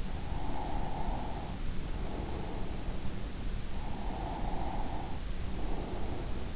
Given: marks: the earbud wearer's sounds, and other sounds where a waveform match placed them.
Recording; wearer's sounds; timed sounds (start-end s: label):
sounds in sleep by an in-ear microphone; breath
0.16-3.24 s: breath
3.79-6.56 s: breath